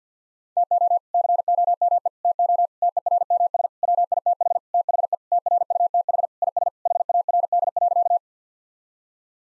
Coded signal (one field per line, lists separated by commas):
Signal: Morse code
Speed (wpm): 50 wpm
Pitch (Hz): 700 Hz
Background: none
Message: TO COME TO TERMS WITH THE TRUTH IS HARD.